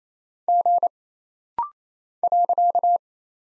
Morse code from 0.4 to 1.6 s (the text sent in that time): G